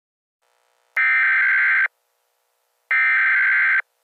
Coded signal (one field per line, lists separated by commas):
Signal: Emergency Alert System (SAME) tones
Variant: header bursts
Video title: EAS SCENARIO: Easter: Radioactive Eggs 4/20/2025. **HAS VALID TONES**